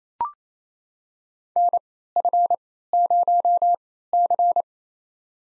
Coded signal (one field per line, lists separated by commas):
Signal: Morse code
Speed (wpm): 29 wpm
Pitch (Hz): 700 Hz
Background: none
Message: NF0C